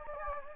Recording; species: mosquito wingbeat signal from an infrared sensor; Anopheles gambiae